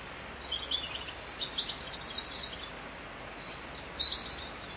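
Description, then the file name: Bird chirping: soft, high twittered notes in several short groups, partly blurred by a continuous hiss. "Vogel"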